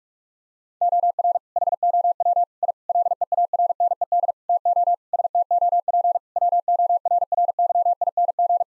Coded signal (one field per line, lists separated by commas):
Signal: Morse code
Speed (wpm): 41 wpm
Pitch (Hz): 700 Hz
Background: none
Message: OR HOW I LEARNED TO STOP WORRYING